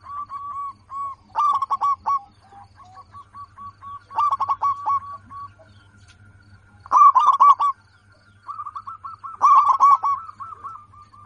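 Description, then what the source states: Zebra dove singing in staccato cooing phrases of quick repeated notes with some louder bursts, over a low constant hum. Local zebra dove, a lively, in-form singer with a clear, crystal-like loud voice.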